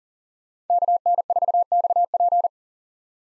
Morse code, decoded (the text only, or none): KN4XP